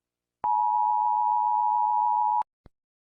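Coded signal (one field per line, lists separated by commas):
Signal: Emergency Alert System (SAME) tones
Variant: 853 and 960 Hz attention tone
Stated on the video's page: Fictional zombie virus EAS scenario.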